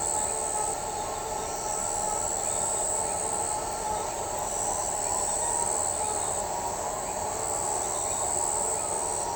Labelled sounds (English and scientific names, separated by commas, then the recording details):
none
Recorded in shrubland near Pivijay, Magdalena, Colombia, on 18 April 2023 at 00:30
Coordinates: 10.453, -74.365
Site P5-G022